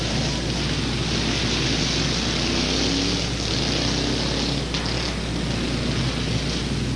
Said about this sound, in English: This is a heat race for qualification for the flathead lawnmowers. Hot rod lawnmowers powered by flathead engine, side-by-side pocket valve, single cylinder.